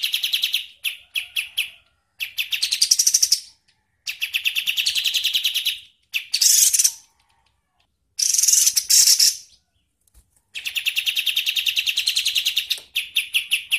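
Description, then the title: Bird song in loud bursts of fast, buzzy, chattering trills, separated by short silent pauses. "Masteran Burung"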